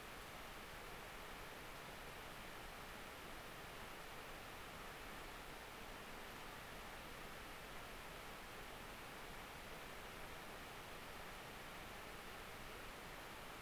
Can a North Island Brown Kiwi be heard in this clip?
no